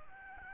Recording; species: mosquito wingbeat signal from an infrared sensor; Aedes albopictus